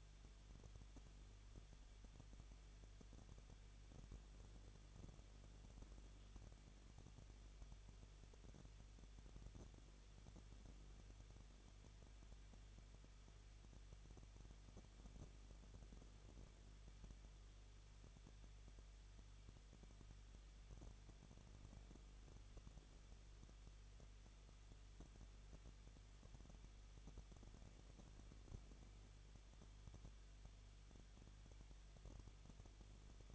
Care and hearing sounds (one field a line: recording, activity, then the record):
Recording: daily activity, microphone in the room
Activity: no activity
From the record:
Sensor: 4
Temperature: 23.0 degrees Celsius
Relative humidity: 34.3%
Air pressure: 1007.3 hPa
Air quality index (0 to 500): 213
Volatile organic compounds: 14 ppm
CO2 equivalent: 2454 ppm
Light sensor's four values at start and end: 2/3/1/1 and 2/3/1/1